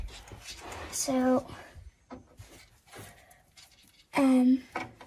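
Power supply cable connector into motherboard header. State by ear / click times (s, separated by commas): not seated / none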